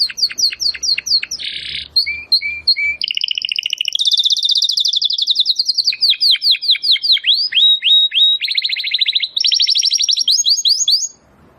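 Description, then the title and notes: Domestic canary song mixing rapid chirps, a buzzy burst, long rolling trills and falling whistled slurs, ending abruptly. Belgian canary breed. "Canário Belga Campainha Canary Singing. Canario Belga Cantando"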